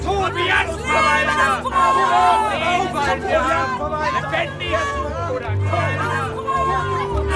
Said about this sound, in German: Renzo befindet sich mitten im größten Getümmel.